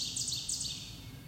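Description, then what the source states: Bird chirps: a quick run of high, sharp, descending notes at the start, fading to a faint high hum, with a low rumble beneath. Recorded at sunset on May 19, 2024.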